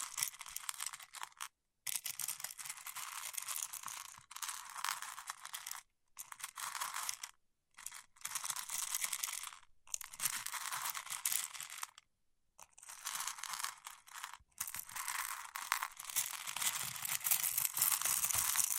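Fingertips rubbing and scraping over wax make bright crackling bursts, broken by brief silences every few seconds, with faint low thumps underneath.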